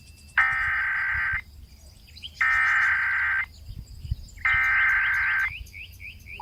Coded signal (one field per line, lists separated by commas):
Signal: Emergency Alert System (SAME) tones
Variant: header bursts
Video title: Floral Fantasia - My submission to the 2023 Spring Fling Project - An EAS Scenario